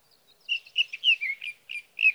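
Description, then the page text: Sage thrasher song, a quick series of bright, slurred, warbled notes given almost without pause. Male singing at night near his night roost, three nights from June 12 to June 15, 2018, Sierra Valley, California; captured on a Swift recorder. "61. Sage thrasher songs, through the night."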